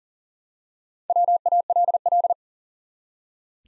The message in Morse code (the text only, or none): WALL